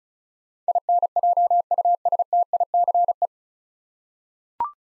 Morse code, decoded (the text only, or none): INJUSTICE